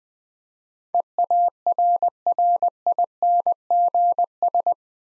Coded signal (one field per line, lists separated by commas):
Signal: Morse code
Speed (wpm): 21 wpm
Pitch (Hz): 700 Hz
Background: none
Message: EARRINGS